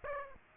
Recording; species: mosquito wingbeat signal from an infrared sensor; Aedes aegypti